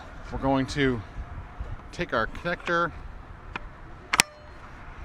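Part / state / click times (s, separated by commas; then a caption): EV charging adapter onto a DC fast charger connector / seated / 4.1 s, 4.2 s. Someone talks while a CCS adapter is fitted onto a DC fast charger connector before it is plugged into the car. A faint tap sounds at 3.6 s, followed by a sharp double click at 4.1 and 4.2 seconds as the adapter seats on the connector.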